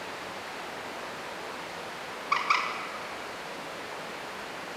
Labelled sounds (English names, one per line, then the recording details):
Common Moorhen
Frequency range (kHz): Common Moorhen 0.8-9.1 kHz
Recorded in France